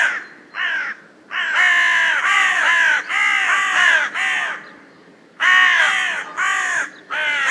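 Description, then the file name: Carrion crow giving harsh, hoarse caws, mostly in runs of several back-to-back calls with short pauses between bursts. "Corvus corone"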